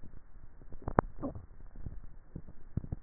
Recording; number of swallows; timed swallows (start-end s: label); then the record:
swallowing sounds by neck microphone; 1
1.02-1.92 s: swallow
From the record:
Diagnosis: dysphagia